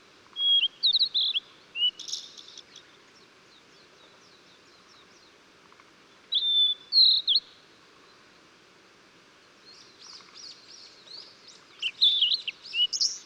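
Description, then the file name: Blue-and-white flycatcher singing three phrases of whistled, slurred notes, some with harsh buzzy endings, separated by pauses of several seconds; faint background hiss throughout. Recorded 14 June 2009. "20090614 ooruri"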